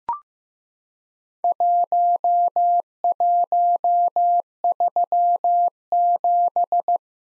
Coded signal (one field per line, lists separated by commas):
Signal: Morse code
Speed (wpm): 15 wpm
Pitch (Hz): 700 Hz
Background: none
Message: 1137